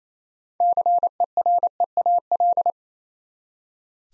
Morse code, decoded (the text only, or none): CEREAL